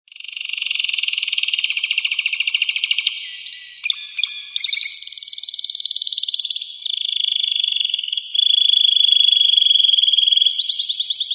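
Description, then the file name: Bird song: a long run of fast, high, buzzy trills that shift pitch and rhythm several times, ending in a rapid rattling series; no other sounds. "Passaros"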